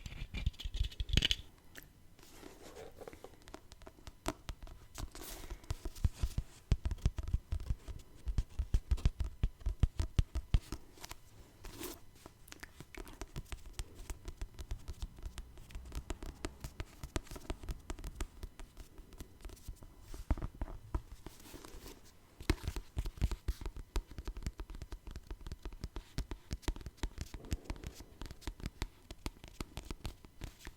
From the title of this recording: Tapping No Talking